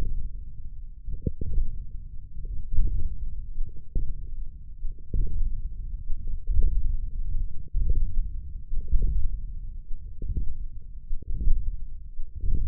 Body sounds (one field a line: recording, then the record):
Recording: forearm muscle sounds (acoustic myography)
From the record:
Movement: wrist flexion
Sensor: system 1, eight BSWA MPA416 microphones around the upper forearm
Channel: 6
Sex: male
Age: 20 years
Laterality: left